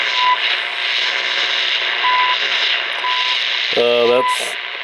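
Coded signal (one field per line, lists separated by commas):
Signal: radio time signal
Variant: CHU Canada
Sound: short 1 kHz ticks about once a second through heavy hiss, buzzy burst near end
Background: radio static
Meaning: Each 1 kHz tick marks one second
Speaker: i'm picking up chu canada uh that's at about 3.3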